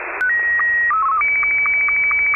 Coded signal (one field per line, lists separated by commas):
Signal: SSTV (slow-scan television)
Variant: Martin 2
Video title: SSTV RX062722